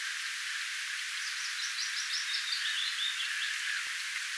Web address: paivat 10 5 2025 pajulintujen tuollaisia laulutyyppeja lopussa ilm pajulinnun sita korkeata aantelya hiukan